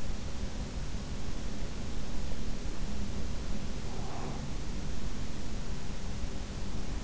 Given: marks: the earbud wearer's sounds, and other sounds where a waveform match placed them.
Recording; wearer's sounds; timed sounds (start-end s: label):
sounds in sleep by an in-ear microphone; breath
3.78-4.69 s: breath